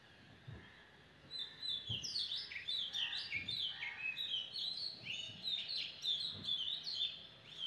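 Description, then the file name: Birds singing in a busy chorus, with overlapping high chirps, trills and whistled notes, and faint low thumps underneath. Birds singing on a beautiful morning. "beautiful morning with birds chanting"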